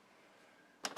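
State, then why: Not seated. The removable upper burr and hopper assembly is twisted into the grinder of a Breville Barista Express espresso machine. After a quiet stretch, two short handling knocks come at about 0.9 s and 1.0 s. The clip ends before the assembly goes home, so nothing has clicked into the lock position yet.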